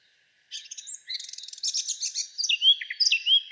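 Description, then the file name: Eurasian blackcap warbling song: quick scratchy chattering notes building into clearer whistled phrases, with no other sounds. "Sylvia atricapilla"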